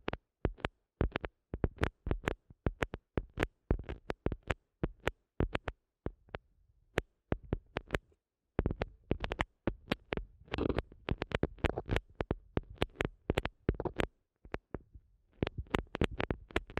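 An ASMR eardrum massage made of soft, quick pats and rubs that tap in uneven bursts, sometimes several per second, with brief gaps between clusters. The touches sound muffled and full, with a low thump under each one. A short rustling smear comes near the middle.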